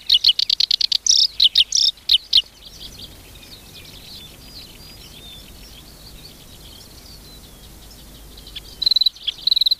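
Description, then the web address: Black-browed reed warbler song: a burst of rapid, scratchy repeated high notes for over two seconds, then only faint notes before a brief chattering return at the end. "sikioto. koyoshikiri"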